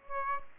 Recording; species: mosquito wingbeat signal from an infrared sensor; Aedes aegypti